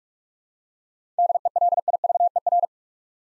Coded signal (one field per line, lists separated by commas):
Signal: Morse code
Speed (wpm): 46 wpm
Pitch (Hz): 700 Hz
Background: none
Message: DELIVER